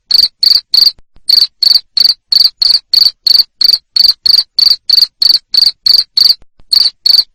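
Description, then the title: Cricket sound: sharp, high trilled chirps repeated rapidly and evenly, about three per second, with occasional short breaks. Loud cricket chirping played to stimulate lovebirds into continuous ngekek singing. "Suara JANGKRIK NGERIK Keras Bikin LOVEBIRD Jadi NGEKEK Terus Vubey"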